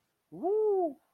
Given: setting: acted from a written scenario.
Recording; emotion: vocal sound without words; triumph